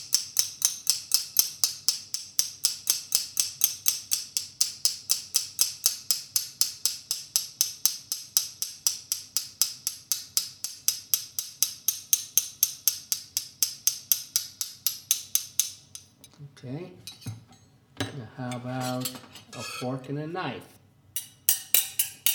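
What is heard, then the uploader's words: A dinner fork, spoon and knife are tapped as rhythm instruments, clicking in a fast, steady pulse of bright metallic ticks for about fifteen seconds. After that the beat stops, and sliding, voice-like tones rise and fall before a few quick taps return near the end. Silverware as rhythm instruments. I use a dinner fork, spoon and knife as if they were rhythm instruments.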